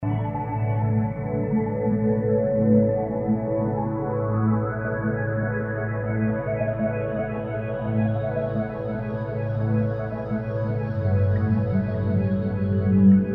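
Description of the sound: A steady, layered drone of sustained low humming tones that gradually grows brighter, with no speech or breaks. This is Sound Oasis tinnitus therapy sound 6, a synthetic blend of tones with 900 Hz and 3.2 kHz components, played to mask or ease ringing in the ears.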